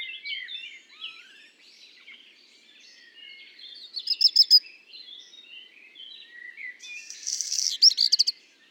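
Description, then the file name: Black redstart delivering two scratchy, crackling song phrases a few seconds apart, while a blackbird warbles softly and steadily in the background. Singing alongside common blackbird song; recorded at Le Puech on 5 June 2021. "050621-chant-de-rougequeue-noir-de-merle-noir-Le-Puech"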